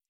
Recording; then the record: hydrophone in a shrimp aquaculture tank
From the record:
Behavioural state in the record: stressed